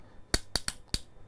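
A plastic ratchet hose clip on a hose end over the water inlet moulding of a reel's connector is squeezed tight with pliers. Four sharp ratcheting clicks ring out at 0.3, 0.6, 0.7 and 0.9 seconds as the teeth lock together, plus one faint tick just before the last. The clip is seated, tightened until no more tension can be applied.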